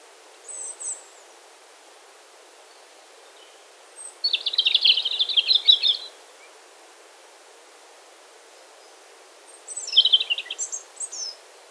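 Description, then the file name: European robin making three separate bursts of high, thin twittering notes, the middle one a dense rapid jumble, with quiet pauses and a low background hiss. "Erithacus rubecula"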